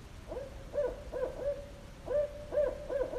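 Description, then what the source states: Barred Owl hooting: a run of low, rhythmic hoots with sliding, warbling inflections, a short break, then more hoots. Barred owls calling at night in a driveway in New Hampshire, about two weeks before broadcast.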